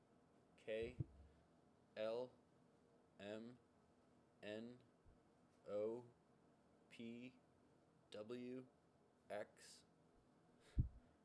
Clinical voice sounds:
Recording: letters of the alphabet, spoken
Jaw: free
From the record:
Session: seven days later

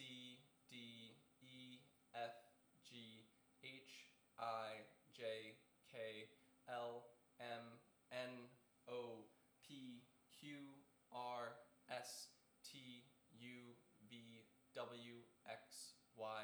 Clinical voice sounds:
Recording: letters of the alphabet, spoken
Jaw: free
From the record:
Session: seven days later

